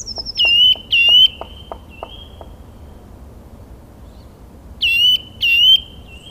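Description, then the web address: Black woodpecker calling in loud, ringing pairs of harsh notes, one pair at the start and another near the end, with a quiet gap between. "agykontroll Madardalok Cd 1. Fekete harkály"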